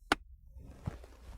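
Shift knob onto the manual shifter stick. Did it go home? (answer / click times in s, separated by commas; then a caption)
yes / 0.1 s. A shift knob is pushed down onto the manual shifter stick of a 6-speed manual shifter (45195) on a 2005-18 Jeep Wrangler TJ/JK. One loud, sharp, broadband snap is heard at 0.1 s, followed by a quiet low bump near 0.9 s over faint background noise. The knob snaps into place and is seated.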